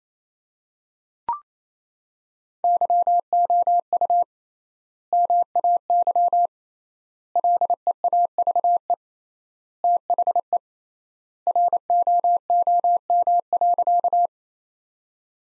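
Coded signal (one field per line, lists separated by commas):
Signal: Morse code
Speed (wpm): 27 wpm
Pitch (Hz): 700 Hz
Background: none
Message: YOU MAY LEAVE THE ROOM.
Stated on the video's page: Morse practice sentences from the top 400 words at 28 wpm with 3x standard word spacing, a Farnsworth-like method applied to words for head-copy training.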